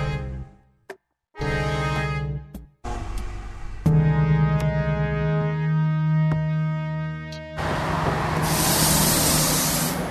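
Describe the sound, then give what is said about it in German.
Traffic on an arterial road leading out of a city, heard as steady humming, whining engine tones that start, stop and shift pitch, ending in a loud burst of hissing like an air brake releasing. No one speaks. “Ich bin hier an der Ausfallstraße einer Stadt.”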